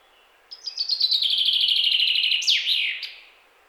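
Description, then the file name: Common chaffinch delivers a single full song, a run of bright notes sliding downward and finishing with a crisp flourish. "Fringilla coelebs"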